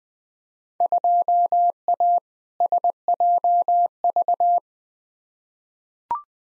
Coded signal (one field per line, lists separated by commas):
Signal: Morse code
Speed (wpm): 20 wpm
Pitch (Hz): 700 Hz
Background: none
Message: 2A SJV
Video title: Field Day Exchange v2 - 20wpm